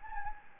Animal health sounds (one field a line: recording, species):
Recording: mosquito wingbeat signal from an infrared sensor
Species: Anopheles gambiae